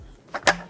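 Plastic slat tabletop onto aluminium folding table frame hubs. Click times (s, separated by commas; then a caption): 0.5 s. The end channel of a Wanderlite Nomad Table's roll-up plastic slat tabletop is folded down, pushed and lined up onto the aluminium folding frame's hubs. After a softer knock, a sharp hit lands at 0.5 s as the channel locks into place on the hubs, followed by a faint tap near the end.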